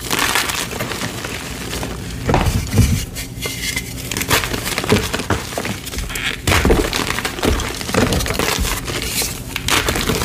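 Blocks of gym chalk are crushed in dense, continuous crunching and crumbling, with bright crackles layered over a steady gritty rustle. Sharper breaking bursts stand out near 3, 6.5 and 9 seconds, and the texture stays busy and uneven throughout.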